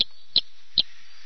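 Ischnocnema bolbodactyla frog calling: three short, sharp clicking notes, evenly spaced about every 0.4 seconds, over a soft steady background hiss.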